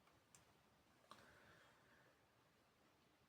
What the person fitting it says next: Най-накрая застава на мястото си лоста за бързо освобождаване.